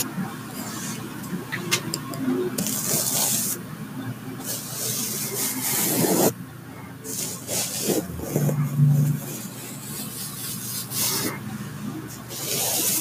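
Brushing and rubbing strokes sweep across a bristly surface, with bright hissing bursts around 2–4 seconds, near 6 seconds, and again after 11 seconds. Quieter stretches carry softer scraping and occasional small taps, and a brief low hum sounds near 9 seconds.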